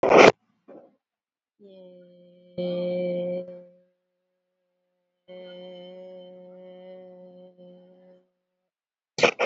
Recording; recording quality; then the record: sustained vowel as in made; excellent, no background noise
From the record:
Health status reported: COVID-19 positive, moderate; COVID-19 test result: positive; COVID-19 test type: RT-PCR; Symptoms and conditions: fever, diabetes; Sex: female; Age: 52 years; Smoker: no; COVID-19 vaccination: one dose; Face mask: worn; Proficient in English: yes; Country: India